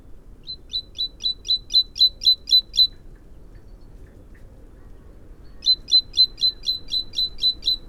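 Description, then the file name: Great tit calls in two clear runs of about ten rapid, high, bell-like notes, the first building slightly in loudness, with a quiet gap between them. "Parus major"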